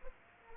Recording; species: mosquito wingbeat signal from an infrared sensor; Aedes aegypti